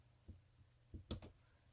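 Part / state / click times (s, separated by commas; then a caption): strap spring bar into watch case lug hole / not seated / none. A quick-release spring bar on a watch strap is handled with one end already in its lug hole, its lever pushed inward while the other end is set toward the opposite lug hole of a modified Casio watch case. Soft low knocks sound around 0.3 s and 0.9 s, then a sharp bright tick at 1.1 s with a softer one at 1.2 s. The spring bar has not seated or clicked into place yet.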